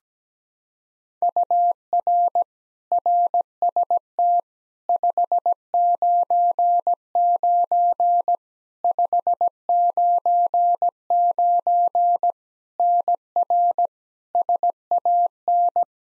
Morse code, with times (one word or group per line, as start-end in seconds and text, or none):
1.2-2.4 UR
2.9-4.4 RST
4.9-8.4 599
8.8-12.3 599
12.8-13.9 NR
14.3-15.8 SAN